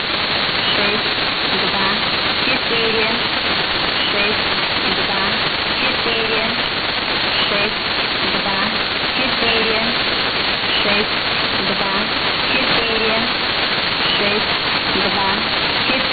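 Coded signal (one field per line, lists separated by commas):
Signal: numbers station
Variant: S06s, Russian language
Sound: faint female voice reading short evenly spaced words, buried under loud hissing static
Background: radio static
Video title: 19 04 2019 S06s Russian Lady numbers station in Russian to Eu 0900 on 5744 unknown tx site USB+AM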